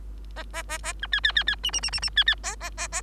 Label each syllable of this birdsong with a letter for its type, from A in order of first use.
A A A B C C C C D D D D D C C A A A A